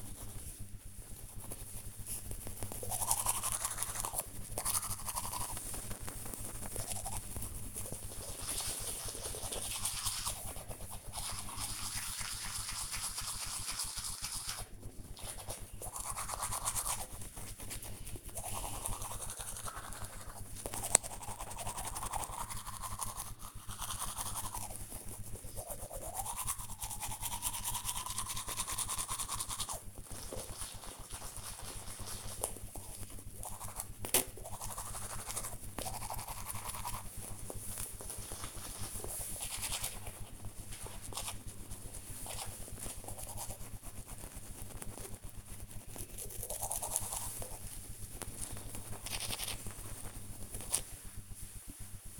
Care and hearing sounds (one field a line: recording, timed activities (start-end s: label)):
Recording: household activities, microphone on the right wrist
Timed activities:
0.00-52.20 s: brushing teeth